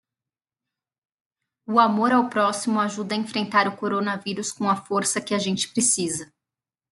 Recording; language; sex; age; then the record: spoken sentence; Brazilian Portuguese; female; 30 to 39 years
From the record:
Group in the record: control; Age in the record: 32 years